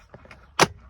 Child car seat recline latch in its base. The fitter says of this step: two or three clicks that's two there this is three